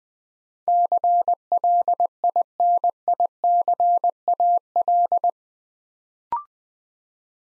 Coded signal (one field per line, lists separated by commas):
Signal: Morse code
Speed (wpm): 20 wpm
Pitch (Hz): 700 Hz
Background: none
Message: CLINICAL